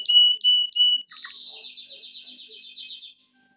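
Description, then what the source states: Canary singing three sharp high notes, followed by a softer, quick warbled trill that fades out after about three seconds. Canary song intended for training.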